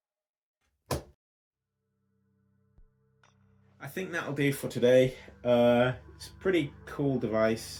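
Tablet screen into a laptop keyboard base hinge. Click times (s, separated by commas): 0.9 s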